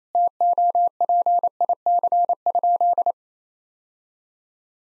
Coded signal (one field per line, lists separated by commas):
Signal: Morse code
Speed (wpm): 28 wpm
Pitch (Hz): 700 Hz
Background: none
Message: TOPIC?